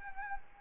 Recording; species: mosquito wingbeat signal from an infrared sensor; Anopheles arabiensis